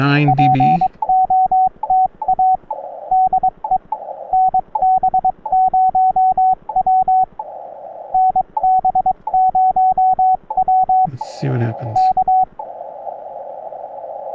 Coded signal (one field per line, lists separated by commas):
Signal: Morse code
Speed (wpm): 22 wpm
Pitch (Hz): 750 Hz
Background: speech, radio noise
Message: POTA DE NB0W NB0W K